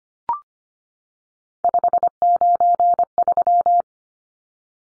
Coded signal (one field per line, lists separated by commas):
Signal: Morse code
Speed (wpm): 25 wpm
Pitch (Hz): 700 Hz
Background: none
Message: 593